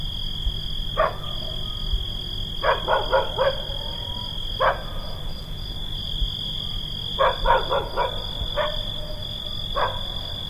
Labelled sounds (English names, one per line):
Little Owl call